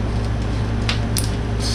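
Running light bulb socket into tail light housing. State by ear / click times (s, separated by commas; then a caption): seated / 1.2 s. A running light bulb socket is pushed into the rear tail light housing of a 1977 Pontiac Trans Am while its tail light harness is being rewired. A steady low hum runs underneath, then a short hiss at 0.9 s. A sharp snap at 1.2 s marks the socket seating in place.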